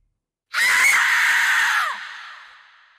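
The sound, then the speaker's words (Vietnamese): A ghost's harsh, shrill, pained scream bursts out suddenly as it is struck by a talisman, holds loud and strained for over a second, then tapers into a fading, breathy wail. No one speaks. “Linh phù vừa được đánh đi, lập tức một tiếng hét đau đớn vang lên.”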